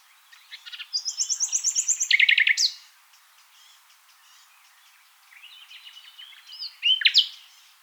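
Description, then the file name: Common nightingale song: a long series of evenly repeated high notes ending in a loud burst, followed after a pause by soft twittering and a short sharp phrase. "Luscinia megarhynchos"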